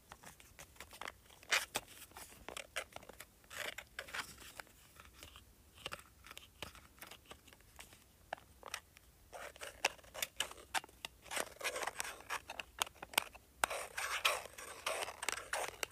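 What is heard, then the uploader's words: An LED light remote being handled, its buttons pressed in a rapid, uneven run of sharp plastic clicks and taps. The clicking grows busier and brighter after about nine seconds and again near fourteen seconds. ASMR LED Light Remote.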